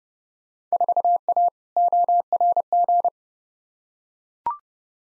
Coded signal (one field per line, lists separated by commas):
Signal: Morse code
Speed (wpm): 29 wpm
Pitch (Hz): 700 Hz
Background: none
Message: 4A ORG